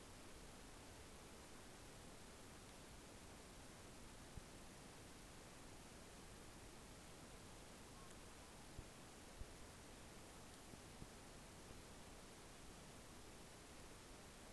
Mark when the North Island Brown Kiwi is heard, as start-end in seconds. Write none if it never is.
none